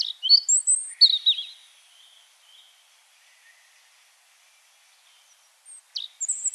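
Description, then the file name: European robin song: a quick phrase of high whistles and a sliding trill, silence, then the start of another phrase. "Erithacus rubecula"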